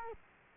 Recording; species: mosquito wingbeat signal from an infrared sensor; Culex quinquefasciatus